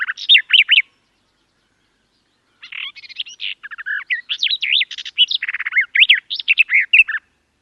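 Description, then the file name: Garden warbler song: a short burst of warbled notes, a pause of about two seconds, then a long flowing phrase of quick, rich, varied notes. "Canto do felosa das figueiras"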